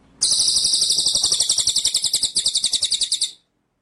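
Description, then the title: White-rumped shama, one continuous high, buzzy, rolling trill of quick pulses lasting about three seconds, the beats slowing slightly as it goes. Masteran (training) track for White-rumped shama; full ngerol (rolling song) with nembak style. "Masteran Murai Batu Full Ngerol Nembak"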